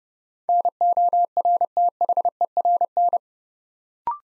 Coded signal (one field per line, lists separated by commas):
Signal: Morse code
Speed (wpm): 30 wpm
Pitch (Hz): 700 Hz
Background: none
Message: NORTHERN